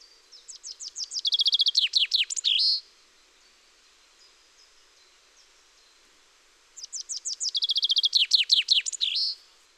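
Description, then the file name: Common chaffinch giving two songs with a gap of about four seconds between them. Each is a quick descending cascade of notes closing with a flourish. "Fringilla coelebs"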